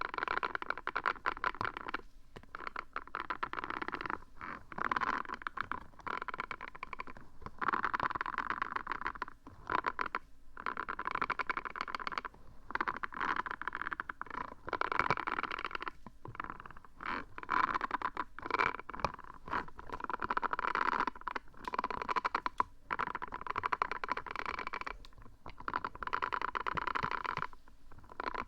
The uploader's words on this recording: ASMR very odd & unsual triggers hollow tube, paw cleaning silicone, stress balls & more.